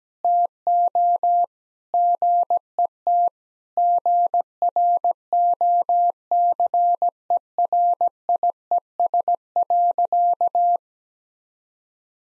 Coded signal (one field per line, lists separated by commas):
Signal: Morse code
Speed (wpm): 17 wpm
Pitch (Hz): 700 Hz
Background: none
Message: TO GET GROCERIES.